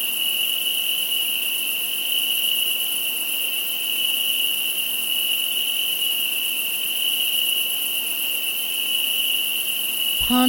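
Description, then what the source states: Insects trilling in an unbroken shrill drone at two high pitches, with a brief lower sound breaking in at the very end. Insects at night.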